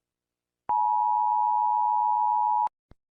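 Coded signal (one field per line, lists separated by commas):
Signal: Emergency Alert System (SAME) tones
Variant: 853 and 960 Hz attention tone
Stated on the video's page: Simulated EAS scenario, not a real alert.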